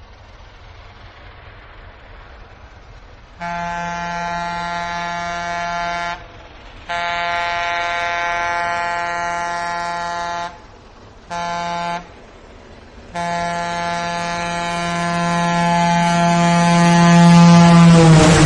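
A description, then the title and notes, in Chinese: A train horn sounds over a low rumble: after about three seconds of rumbling, it blows a long blast, a second long blast, a short toot, then a final sustained blast. The tone is steady and buzzy, and the last blast swells louder until the end. 火车鸣笛。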